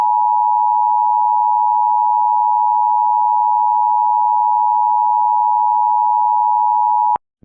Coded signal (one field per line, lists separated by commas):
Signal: Emergency Alert System (SAME) tones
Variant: 853 and 960 Hz attention tone